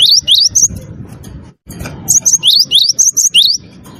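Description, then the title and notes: Bird song of bright, high rising chirps in quick bursts, three at first, then after a pause a longer run of about eight, over a low rumbling background. Bird ringtone with a melodious voice. "ND Burung. Nada Dering Burung Dengan Suara Merdu"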